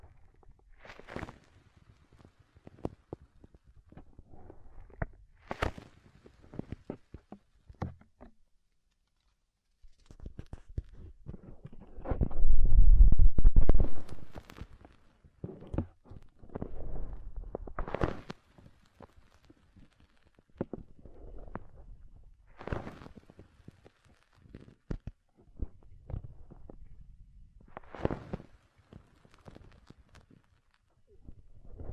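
Soft, fluffy ear-tingle triggers: brushing and rubbing sounds come in short scattered strokes, with brief bright crackly taps every second or two. There is a near-silent gap around nine to ten seconds, then a loud, deep rumbling rub around thirteen seconds.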